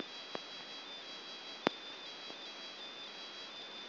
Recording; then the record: brain microelectrode recording played as sound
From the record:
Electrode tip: outside the subthalamic nucleus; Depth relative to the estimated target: -4 mm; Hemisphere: left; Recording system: AlphaMap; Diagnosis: Parkinson's disease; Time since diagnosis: 11 years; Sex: male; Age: 50 years